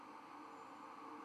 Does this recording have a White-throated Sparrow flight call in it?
no